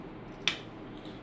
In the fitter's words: Align it in a way where it's centralized and locks in. If you can hear the click,